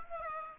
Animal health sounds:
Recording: mosquito wingbeat signal from an infrared sensor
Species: Aedes aegypti

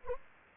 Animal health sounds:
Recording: mosquito wingbeat signal from an infrared sensor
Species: Anopheles gambiae

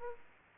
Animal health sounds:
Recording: mosquito wingbeat signal from an infrared sensor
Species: Aedes aegypti

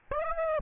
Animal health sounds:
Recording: mosquito wingbeat signal from an infrared sensor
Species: Aedes aegypti

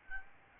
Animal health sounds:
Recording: mosquito wingbeat signal from an infrared sensor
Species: Aedes albopictus

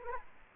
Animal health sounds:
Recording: mosquito wingbeat signal from an infrared sensor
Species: Aedes aegypti

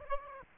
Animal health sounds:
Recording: mosquito wingbeat signal from an infrared sensor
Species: Aedes aegypti

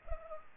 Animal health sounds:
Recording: mosquito wingbeat signal from an infrared sensor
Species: Culex pipiens

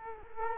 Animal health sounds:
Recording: mosquito wingbeat signal from an infrared sensor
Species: Culex quinquefasciatus

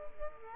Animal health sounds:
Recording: mosquito wingbeat signal from an infrared sensor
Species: Culex quinquefasciatus

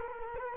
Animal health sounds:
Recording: mosquito wingbeat signal from an infrared sensor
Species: Culex quinquefasciatus

